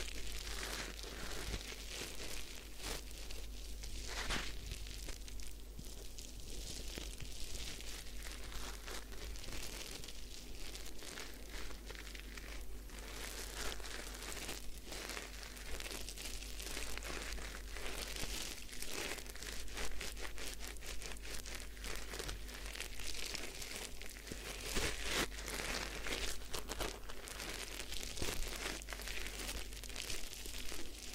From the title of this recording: Head Spa Hair Wash, Massage, Ear Cleaning